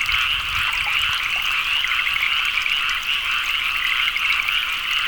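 Frogs in full chorus, rapid overlapping croaks making a buzzy, unbroken trill, with a soft low rumble early on.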